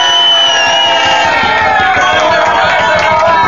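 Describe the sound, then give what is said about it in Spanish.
A large crowd cheers and applauds a speech loudly and steadily, a dense roar of voices and whoops layered over a continuous patter of clapping hands. “La multitud se rompía las manos de tanto aplaudir.”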